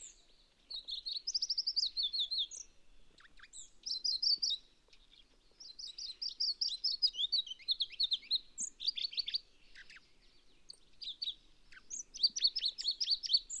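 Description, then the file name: Pallas's leaf warbler song, with energetic high-pitched phrases of rapid repeated notes and trills, alternating with short silent pauses. "cikrak pallas omkicau"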